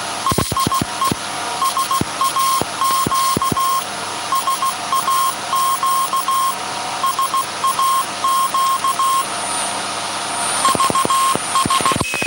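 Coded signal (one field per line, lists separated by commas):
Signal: Morse code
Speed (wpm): 16 wpm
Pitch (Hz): 1070 Hz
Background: none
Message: EIE SAQ SAQ SAQ VS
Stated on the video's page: Live transmission of a message from SAQ Grimeton by the 1924 Alexanderson alternator, after startup and tuning, on Alexanderson Day.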